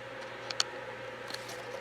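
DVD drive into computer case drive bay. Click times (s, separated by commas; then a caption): 0.6 s. A DVD drive in a Dell Optiplex 760, flipped back over with its screws lined up during a RAM upgrade, is pushed back into its plastic drive bay in the computer case. A faint tick at 0.5 s is followed by a sharp click at 0.6 s and another light tick near 1.3 s, over a low steady hum. The click at 0.6 s marks the drive seating in the bay.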